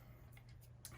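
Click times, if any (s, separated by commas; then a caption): 0.8 s. A fabric- or texture-covered paper front mat is pressed into the first groove of a plastic snap frame. After a fainter tick at about 0.4 s, a sharp tick at 0.9 s marks the mat popping into the groove, fully seated.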